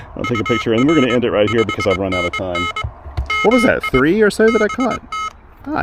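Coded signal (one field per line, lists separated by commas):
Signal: Morse code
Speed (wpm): 22 wpm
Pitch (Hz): 2150 Hz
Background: speech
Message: UR 5NN MI BT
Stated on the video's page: Pedestrian mobile POTA hunting with an Elecraft KH1 keyed by a TinyPaddle adapter, amid urban QRM.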